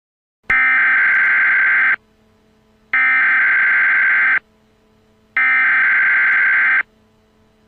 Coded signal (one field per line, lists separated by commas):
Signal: Emergency Alert System (SAME) tones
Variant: header bursts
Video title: EAS MOCK - Attack on Story Land